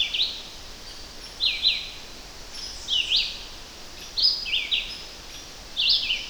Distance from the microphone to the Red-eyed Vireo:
about 15 m